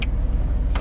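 A plastic duct hose adapter is pushed onto a port of a portable air conditioner unit and snaps into place with a sharp click at 0.0 s, over a steady low hum. A second broadband burst follows near 0.8 s, and the adapter is seated.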